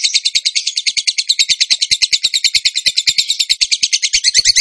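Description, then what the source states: Bird song: a fast, steady trill of sharp high notes running unbroken through the whole stretch. Bird singing actively (gacor) in the tembakan song style, from a masteran (training) recording.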